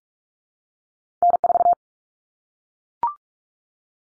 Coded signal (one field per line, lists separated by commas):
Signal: Morse code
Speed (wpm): 44 wpm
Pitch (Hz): 700 Hz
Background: none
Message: N4